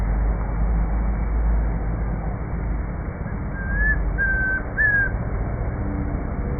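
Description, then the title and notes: Chestnut-crowned antpitta calling with three short whistled notes in about one and a half seconds, heard over constant low-pitched background rumble. Recorded 2 July 2025 on a farm in Bogotá, Colombia, during a birding outing; local name Comprapán; Zoom H5 recorder with SGH-6 microphone. "Grallaria ruficapilla o Comprapán. Esta captura fue hecha el día 2 de julio del año 2025, en la Finca Zarautz Claustro Moderno, en Bogotá, Colombia"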